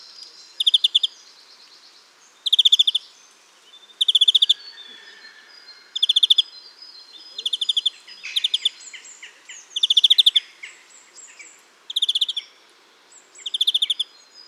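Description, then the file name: European greenfinch giving rapid, high trilled chatters in short bursts every second or two, with softer trills and thin steady whistles between them. "Chloris chloris"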